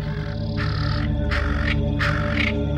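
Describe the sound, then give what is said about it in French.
A troop of monkeys gives loud, harsh alarm calls that resound through a valley, in three raspy bursts, roughly one every half-second, over a steady low droning background. “la troupe de singes se met à pousser de puissants cris d'alarme qui résonnent dans toute la vallée”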